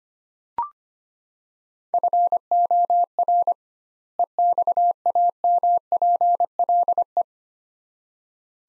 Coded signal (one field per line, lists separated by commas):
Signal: Morse code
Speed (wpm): 25 wpm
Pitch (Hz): 700 Hz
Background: none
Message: FOR EXAMPLE